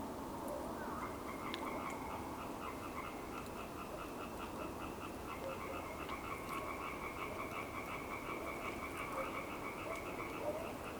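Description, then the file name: European tree frogs calling in a dense chorus, rapid pulsed rattling notes blending into a continuous, rhythmic, fairly high-pitched throb, with steady background hiss. "Hyla Arborea"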